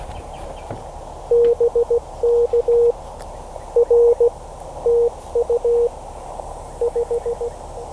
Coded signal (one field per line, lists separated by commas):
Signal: Morse code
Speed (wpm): 16 wpm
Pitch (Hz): 470 Hz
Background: none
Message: BK R TU 5